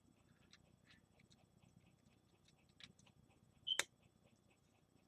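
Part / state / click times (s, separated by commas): plastic brick onto car model build / seated / 3.8 s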